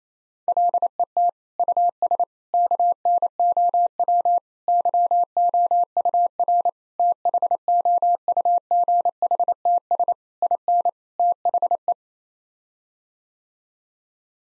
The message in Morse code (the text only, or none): LET US KNOW YOUR THOUGHTS IN THE